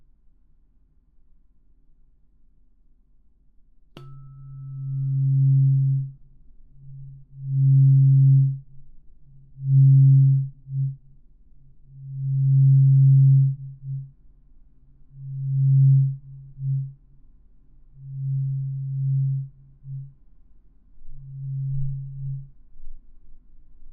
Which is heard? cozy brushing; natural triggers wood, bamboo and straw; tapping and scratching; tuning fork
tuning fork